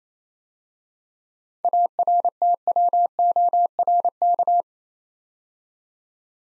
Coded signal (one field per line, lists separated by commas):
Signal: Morse code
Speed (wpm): 27 wpm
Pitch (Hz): 700 Hz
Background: none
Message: ARTWORK